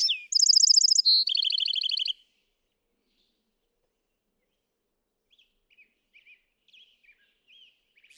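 Bewick's wren song: brief opening note then a high rapid trill stepping down to a lower trill, followed by quiet chips.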